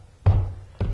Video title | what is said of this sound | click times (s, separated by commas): Laminate Installation - The basics of Measuring and Installing Laminate Flooring | and i'll give it a lift and you can hear it click and then i just tap it down with my hand | 0.3 s